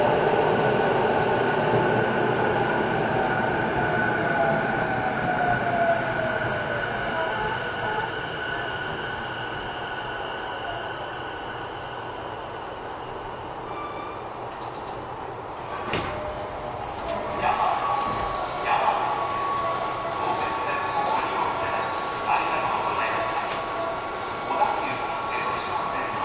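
A train runs along with a steady, dense rumble and whine throughout. A falling tone slides down over the first eight seconds, then around sixteen seconds a sharp clack stands out, followed by rattling, squeaks and a brief burst of voices near the end.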